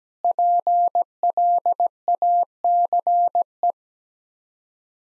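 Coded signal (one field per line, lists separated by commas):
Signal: Morse code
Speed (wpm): 17 wpm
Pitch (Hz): 700 Hz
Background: none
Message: PLACE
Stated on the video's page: Morse head-copy practice at 17 wpm: common seven-word groups, each sent in Morse, then spoken, then sent again.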